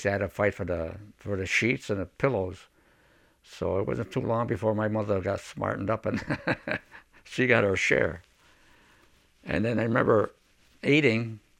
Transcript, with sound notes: You had to fight for the sheets and the pillows. So it wasn't too long before my mother got smartened up and (he laughs) she got her share and then I remember eating